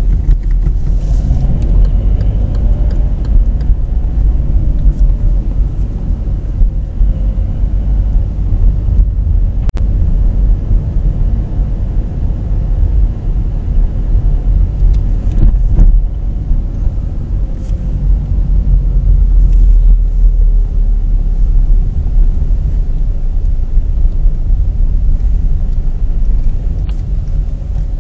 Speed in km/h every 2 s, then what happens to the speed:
23, 29, 25, 25, 26, 27, 27, 26, 23, 20, 15, 13, 13, 9.
0-14 steady at about 26. 14-28 slows to 9.